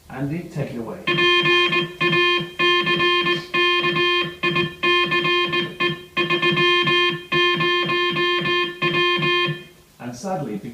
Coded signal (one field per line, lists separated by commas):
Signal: Morse code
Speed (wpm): 19 wpm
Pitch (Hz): 2450 Hz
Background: speech, music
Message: PACK ICE 30W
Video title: CRHnews - Tim Maltin's Titanic Talk at Marconi's 'SOS Factory'